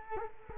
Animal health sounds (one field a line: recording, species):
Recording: mosquito wingbeat signal from an infrared sensor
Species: Culex quinquefasciatus